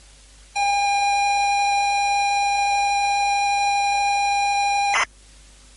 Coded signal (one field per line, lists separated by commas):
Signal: ZX Spectrum tape loading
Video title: How To Use The ZX Spectrum Personal Computer (Video Tape 1)